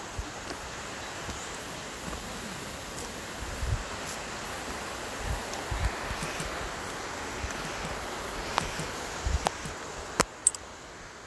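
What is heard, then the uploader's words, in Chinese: Cheong Cheong waterfall near Pyochoonsa temple in Miryang, South Korea, pours as a steady, dense rush of falling water that hardly changes over the eleven seconds. A few sharp clicks or taps break through, mostly toward the end, around nine and ten seconds. 韩国密阳市Pyochoonsa寺附近的Cheong Cheong瀑布。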